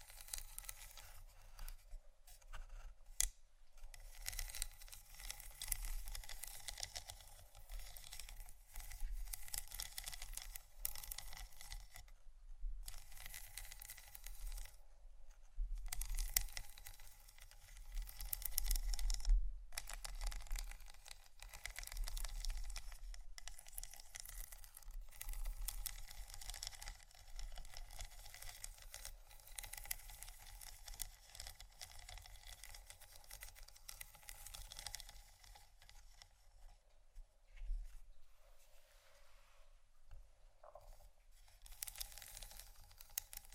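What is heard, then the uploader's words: Scratching and tapping go on almost nonstop, a dry, crackly rasping that fills the upper range with a low thumping rumble underneath. Brief silences break it near 3, 12, 15 and 19 seconds, and sharp taps stand out around 19 and 40 seconds. ASMR Scratching & Tapping For Sleep（No Talking）.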